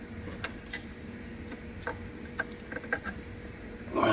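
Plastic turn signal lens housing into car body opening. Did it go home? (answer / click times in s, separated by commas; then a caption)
no / none. A new plastic turn signal/side marker lens housing is pressed into its opening in the body of a 2006 Ford Mustang GT. Faint plastic taps and ticks come at about 0.4, 0.7, 1.9, 2.4 and 2.9 seconds over a low steady hum, with a louder burst of noise near 4.0 seconds. The lens housing has not clicked into place, and nothing seats.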